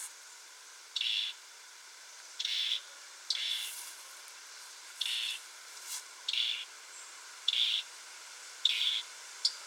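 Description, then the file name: European robin repeating short, high, buzzy call notes roughly once a second, seven in all, with faint sharp ticks in between. "Erithacus rubecula"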